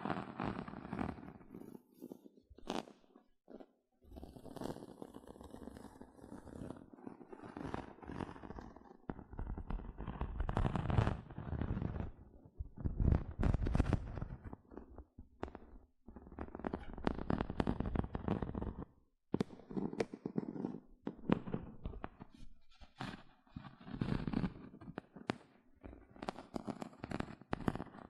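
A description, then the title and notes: Gentle scratching comes crisp in uneven bursts, with sharp tapping clicks scattered throughout and brief quiet gaps near four and nineteen seconds. ASMR 6 Tingly Gentle Scratching Sounds (No Talking).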